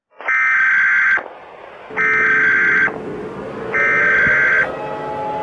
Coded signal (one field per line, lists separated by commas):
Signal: Emergency Alert System (SAME) tones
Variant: header bursts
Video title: EAS Mock: Attack Of The Yoshi's